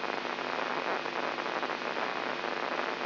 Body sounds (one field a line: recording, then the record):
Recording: brain microelectrode recording played as sound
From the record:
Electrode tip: inside the subthalamic nucleus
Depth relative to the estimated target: -2 mm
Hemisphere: right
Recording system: AlphaMap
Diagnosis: Parkinson's disease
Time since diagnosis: 11 years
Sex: male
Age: 67 years